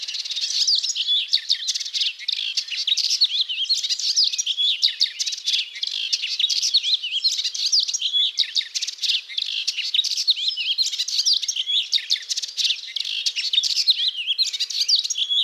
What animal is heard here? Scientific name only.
Hippolais polyglotta